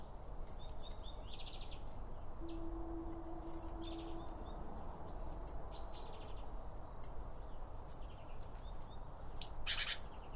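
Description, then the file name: Birds giving scattered high chirps and a brief loud buzzy trill near the end, over outdoor background noise. Around a bird feeder, with two Line Audio OM 1 microphones. "Birds Around Birdfeeding With Two Om 1 From Line Audio"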